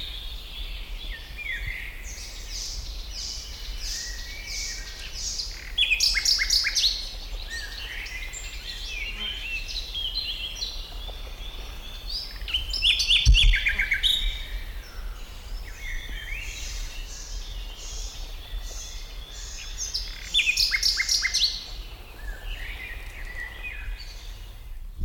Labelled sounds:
Common Nightingale
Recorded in the wild
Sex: male
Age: adult
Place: Bucher Wald, Berlin, DE
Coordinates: 52.65, 13.48
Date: 1995-06-05 12:49
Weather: sonnig, 18°C
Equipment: Sony WM-D6C, Sennheiser ME 80, Kopie Uher 4000 Report Monitor
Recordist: Tembrock, Günter

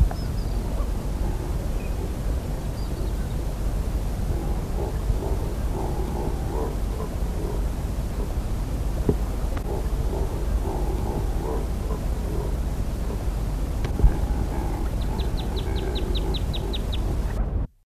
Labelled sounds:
Neotropic Cormorant call
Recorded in the wild
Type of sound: call
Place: Rio Tercero, AR
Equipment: Halbspur, 9,5 cm/s
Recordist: Lütgens, Hans
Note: Rufe

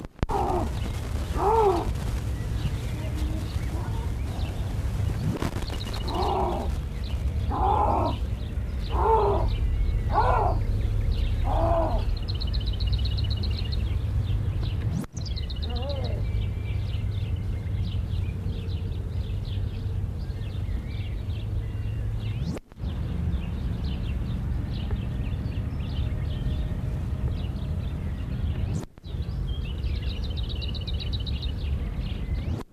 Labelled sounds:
Canadian Lynx call
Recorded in captivity
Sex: male
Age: adult
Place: Zoopark Erfurt, Thüringen, DE
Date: 1972-05-19 10:08
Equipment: Uher 4200 Report Stereo, Sennheiser MD 421, Tesla-Verstärker
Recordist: Tembrock, Günter
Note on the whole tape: Kanadischer Luchs: Männchen, Rufreihe

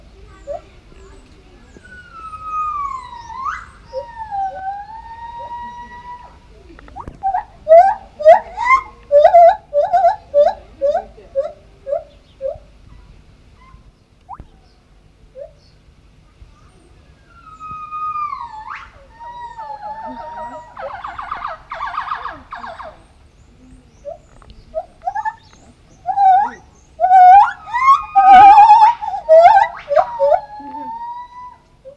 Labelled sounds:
Lar Gibbon
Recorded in captivity
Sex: male
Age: adult
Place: Tierpark Berlin, Berlin, DE
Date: 1969-08-16
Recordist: Tembrock, Günter

